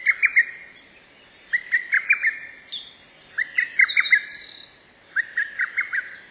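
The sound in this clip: Black-faced bunting calls: short sharp chirps in quick clusters of three to five, the clusters repeated every one to two seconds, with higher twittering behind.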